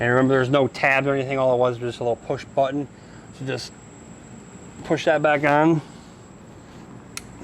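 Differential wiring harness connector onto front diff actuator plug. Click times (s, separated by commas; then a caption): 7.2 s. Someone talks while the front differential wiring harness connector on a Toyota Tundra, a simple push-button connector with no tabs, is pushed back onto the front diff actuator plug. A faint, brief click at 7.2 s marks the connector seating.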